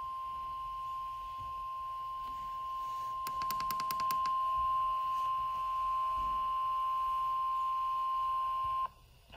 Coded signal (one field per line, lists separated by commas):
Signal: Emergency Alert System (SAME) tones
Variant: 1050 Hz attention tone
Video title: Severe thunderstorm Watch #45 On NOAA Weather Radio